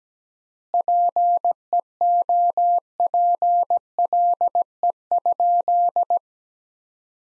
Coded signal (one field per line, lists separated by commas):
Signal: Morse code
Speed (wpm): 17 wpm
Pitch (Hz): 700 Hz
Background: none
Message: PEOPLE?